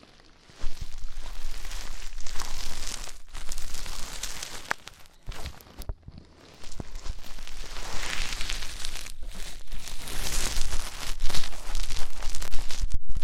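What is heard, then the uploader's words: Deep ear cleaning: dense crackling, crinkling rustle in bursts, with brief silent gaps near 5 and 6 seconds before the scratching resumes louder. ASMR INTENSE Deep Ear Cleaning (No Talking).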